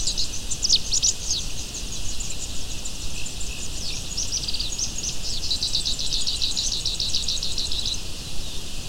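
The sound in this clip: Bird calls: thin high chirps throughout, growing into a dense run of rapidly repeated notes in the second half, over constant low background noise.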